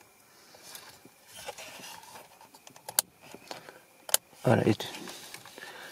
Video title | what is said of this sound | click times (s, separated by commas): Régulateur vitesse Toyota Avensis ne fonctionne plus | entends le premier clic. | 3.0 s